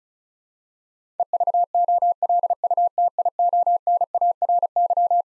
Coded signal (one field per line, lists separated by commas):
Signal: Morse code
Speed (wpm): 36 wpm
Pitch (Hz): 700 Hz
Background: none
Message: EVOLUTIONARY